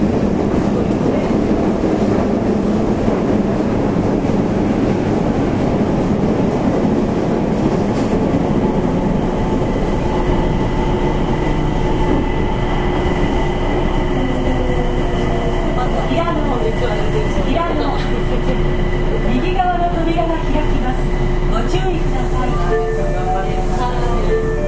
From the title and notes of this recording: 大阪市営地下鉄 30000系 谷町線 谷町４丁目から八尾南まで. 大阪市交通局 30000系電車の走行音です。 谷町線で録音しました。 It is a running sound of the Osaka city subway 30000 series train.